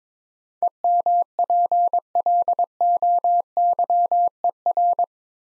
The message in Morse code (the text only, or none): EMPLOYER